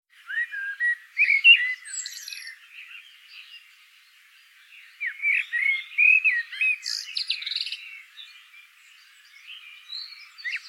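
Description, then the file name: Common blackbird song: rich, fluted warbling phrases mixed with high squeaky notes, with a brief lull between them. "Turdus merula"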